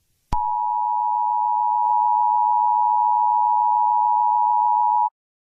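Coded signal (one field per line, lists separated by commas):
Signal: Emergency Alert System (SAME) tones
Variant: 853 and 960 Hz attention tone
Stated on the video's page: Fictional scenario alert, not real.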